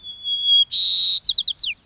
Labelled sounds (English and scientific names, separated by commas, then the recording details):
White-crowned Sparrow (Zonotrichia leucophrys)
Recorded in Sonoma County, California